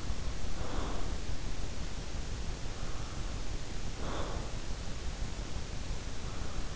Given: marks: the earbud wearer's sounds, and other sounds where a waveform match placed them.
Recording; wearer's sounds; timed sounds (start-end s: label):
sounds in sleep by an in-ear microphone; breath
0.43-1.38 s: breath
3.81-4.76 s: breath